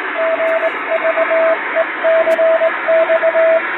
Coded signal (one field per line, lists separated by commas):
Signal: Morse code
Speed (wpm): 20 wpm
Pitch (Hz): 650 Hz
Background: radio noise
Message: GVECX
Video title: 昭和の懐かしいモールス短波通信！縦振り電鍵で打つモールス電報！気持ち良い音色です。ノイズとフェージングを加えています。アマチュア無線の受信トレーニングにどうぞ morse code practice